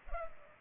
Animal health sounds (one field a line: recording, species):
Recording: mosquito wingbeat signal from an infrared sensor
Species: Culex pipiens